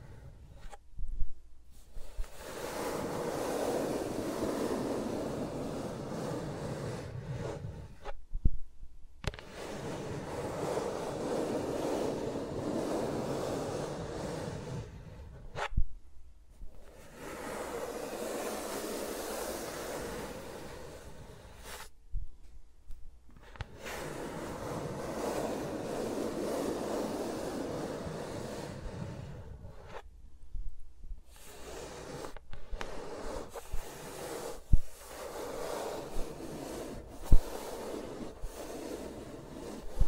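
Fingers rub and brush around the microphones in long, dense stretches of rustling, whooshing friction, each lasting five to seven seconds before dropping to brief silence. The texture swells and fades unevenly, with a few sharp taps and clicks near the end.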